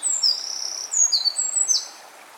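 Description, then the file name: Eurasian wren song: a brief phrase of thin, very high whistled notes at several pitches, ending in a quick downward-sweeping note, with no other clear sounds. "Troglodytes troglodytes"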